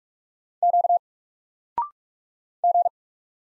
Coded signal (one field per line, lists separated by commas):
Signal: Morse code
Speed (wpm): 45 wpm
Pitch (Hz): 700 Hz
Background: none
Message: Q G